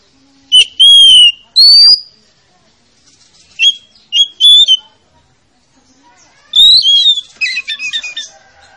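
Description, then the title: Oriental magpie-robin whistles, scattered bright notes with quiet gaps, ending in a faster chattering phrase. Played as a lure to coax a reluctant, lazy-singing magpie-robin into singing. "Pancingan Kacer Yg Malas Bunyi"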